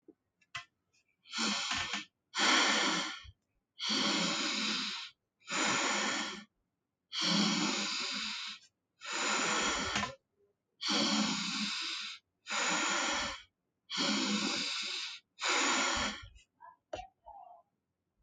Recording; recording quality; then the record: deep breathing; excellent, no background noise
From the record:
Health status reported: healthy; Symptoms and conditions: diabetes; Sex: male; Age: 48 years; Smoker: not ticked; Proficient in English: yes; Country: India